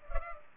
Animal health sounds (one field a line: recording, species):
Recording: mosquito wingbeat signal from an infrared sensor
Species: Culex pipiens